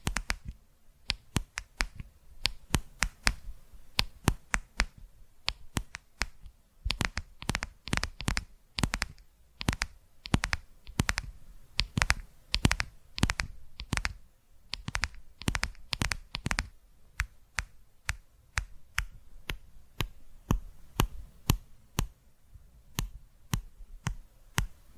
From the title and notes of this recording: ASMR Tapping Through Your Brain Invisible + 3D Triggers (No Talking).